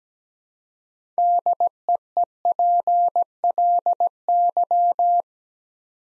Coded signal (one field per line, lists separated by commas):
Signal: Morse code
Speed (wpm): 17 wpm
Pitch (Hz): 700 Hz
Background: none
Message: DEEPLY